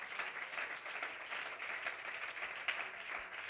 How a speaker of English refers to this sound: Oh, would you clap your hands unto the Lord in this place?